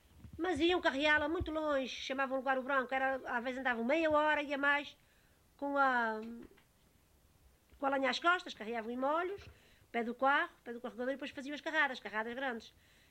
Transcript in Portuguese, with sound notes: Mas iam carreá-la muito longe. Chamavam ao lugar o Branco. Era Às vezes andavam meia hora e a mais com a [pausa] com a lenha às costas. Carreavam em molhos ao pé do carro, ao pé do carregador, e depois faziam as carradas, carradas grandes.